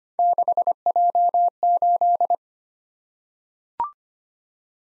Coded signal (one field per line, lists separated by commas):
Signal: Morse code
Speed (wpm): 25 wpm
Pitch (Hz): 700 Hz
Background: none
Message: 6J8